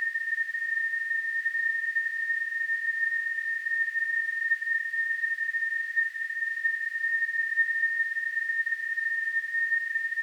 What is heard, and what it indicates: Tinnitus.